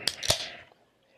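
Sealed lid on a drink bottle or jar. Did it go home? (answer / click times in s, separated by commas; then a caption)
released / 0.1 s. A sealed lid on a drink bottle or jar is opened just before tasting, and the seal releases with a sharp pop at 0.1 s. A second, louder broadband burst follows at about 0.3 s and fades out by about 0.7 s. The top pops open and the seal is released.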